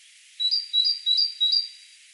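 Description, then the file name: Great tit calling: a quick phrase of four high, clear two-note units, each pair sharp and ringing, about three per second, then quiet background hiss. "Parus major"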